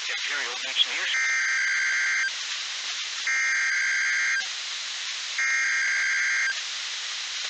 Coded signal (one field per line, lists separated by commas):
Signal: Emergency Alert System (SAME) tones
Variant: header bursts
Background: speech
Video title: An Early Thanksgiving Tests (EAS #23374-23383) 11/20/24